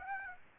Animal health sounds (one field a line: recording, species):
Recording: mosquito wingbeat signal from an infrared sensor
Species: Aedes aegypti